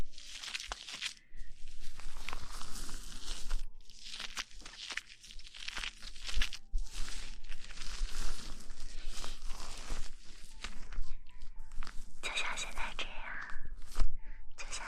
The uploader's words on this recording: Shampoo wash hair 头部按摩 泡沫触发音 轻语 快速抓头皮.